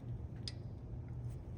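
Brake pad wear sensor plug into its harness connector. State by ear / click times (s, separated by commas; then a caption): seated / 0.5 s. On a 2014–2024 Ford Transit 250 or 350, the front brake pad wear sensor wire is routed through its clip and its plastic plug is pushed back together into the harness connector during a brake pad replacement. A single sharp, loud click at 0.5 s over a steady low hum shows the connector has seated.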